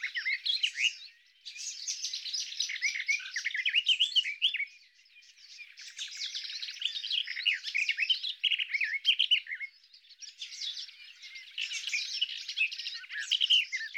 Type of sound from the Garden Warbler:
song